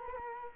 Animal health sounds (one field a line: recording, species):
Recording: mosquito wingbeat signal from an infrared sensor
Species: Culex quinquefasciatus